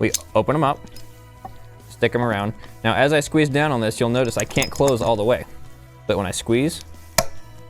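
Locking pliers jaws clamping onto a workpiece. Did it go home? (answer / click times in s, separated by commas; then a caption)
yes / 7.2 s. Someone talks while metal locking pliers are opened, placed around a workpiece and squeezed down; at first they won't close all the way. At 7.2 s a sharp metallic snap is heard as the toggle goes over centre and the jaws lock onto the workpiece, holding it in place.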